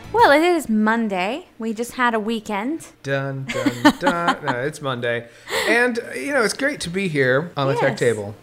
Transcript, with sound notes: Well, it is Monday, we just had a weekend.
Dun, dun, dun… [Laughs] …yeah, it’s Monday, and you know, it’s great to be here on The Tech Table.